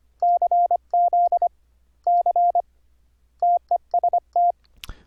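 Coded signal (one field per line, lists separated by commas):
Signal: Morse code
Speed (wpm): 25 wpm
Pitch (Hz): 700 Hz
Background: none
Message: CZ C TEST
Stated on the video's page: Morse sent with iambic paddles through CWirc on Linux, passed through a PulseAudio equalizer bandpass filter for internet QSOs.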